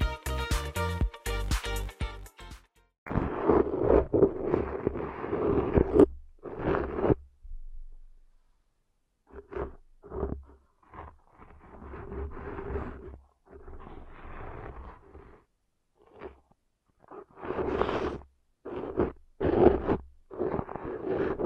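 Ear cleaning sounds: scratchy, rustling scrapes come in bursts of a second or two, with short silent gaps, the longest a quiet stretch around seven to nine seconds. The opening seconds are a rapid, choppy series of sharp clicks and fluttering pulses.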